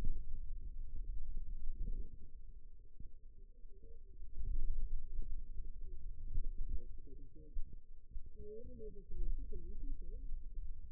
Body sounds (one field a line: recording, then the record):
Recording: forearm muscle sounds (acoustic myography)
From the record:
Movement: finger pinch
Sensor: system 2, bracelet of six BSWA MPA416 microphones around the upper forearm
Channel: 3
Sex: female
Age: 21 years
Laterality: right